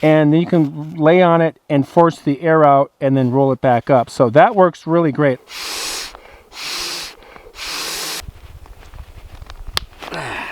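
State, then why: Seated. Someone talks, followed by three long bursts of rushing, hiss-like air noise. After deflating and rolling the inflatable sleeping pad, the plastic valve cap is pressed back into the pad's valve and snaps sharply into place at 9.8 s, seating securely.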